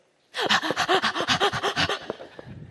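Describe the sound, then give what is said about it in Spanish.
A person demonstrates the shallow breathing of sex, panting rapidly, about a dozen short, choppy breaths in an even, quick rhythm, fairly loud and breathy, then stops, leaving a few faint clicks and soft breath noises. “Son respiraciones súper entrecortadas y súper cortas que no nos permiten una profundidad.”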